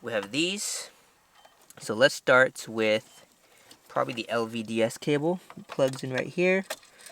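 Someone talks while handling the LVDS display cable connector for an aftermarket PEMP Android 10.25-inch screen head unit for a BMW E60, getting ready to plug it into its socket on the back of the unit. Only a few faint handling sounds are heard under the talking, and nothing has seated or clicked yet.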